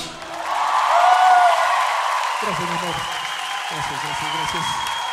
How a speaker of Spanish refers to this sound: ¡Aplauso fuerte